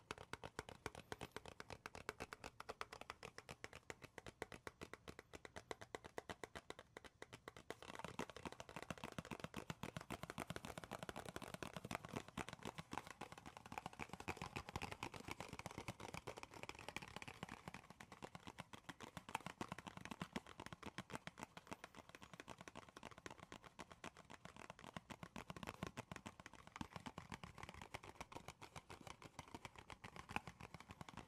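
Tapping and scratching on wood, cork and cardboard, with no talking. Quick, dense taps and scrapes run almost without pause for the whole half minute, crisp and bright, growing busier and fuller after about seven seconds, with a soft rustling texture beneath.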